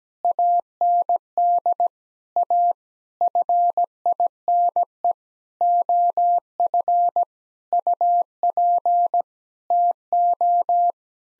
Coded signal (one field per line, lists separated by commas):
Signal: Morse code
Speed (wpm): 17 wpm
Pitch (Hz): 700 Hz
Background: none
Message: AND A FINE OF UP TO